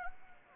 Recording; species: mosquito wingbeat signal from an infrared sensor; Anopheles arabiensis